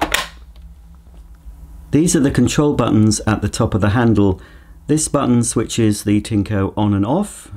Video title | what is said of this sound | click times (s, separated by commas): Tineco iFloor Breeze Cordless Hard Floor Washer Review & Demonstration | it is you just pop the clean water solution tank back push it until it clicks | 0.1 s